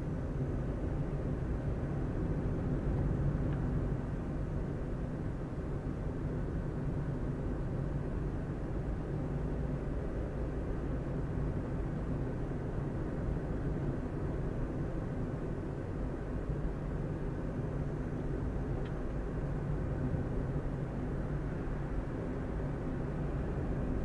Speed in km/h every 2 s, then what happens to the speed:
32, 33, 33, 31, 34, 34, 35, 35, 35, 34, 33, 34.
0-24 steady at about 34.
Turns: none.